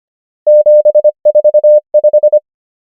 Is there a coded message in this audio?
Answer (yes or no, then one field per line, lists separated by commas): yes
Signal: Morse code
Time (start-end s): 0.5-2.4 s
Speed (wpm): 25 wpm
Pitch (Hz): 600 Hz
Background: none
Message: 7 4 5